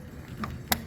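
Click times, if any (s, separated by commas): 0.7 s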